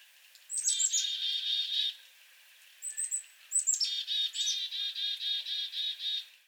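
Black-capped chickadee calls: brief high chick notes lead into a burst of buzzy dee notes, a pause with a few thin notes, then a longer buzzy dee series.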